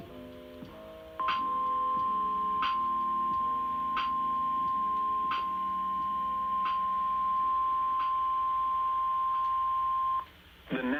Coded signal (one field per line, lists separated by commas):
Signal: Emergency Alert System (SAME) tones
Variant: 1050 Hz attention tone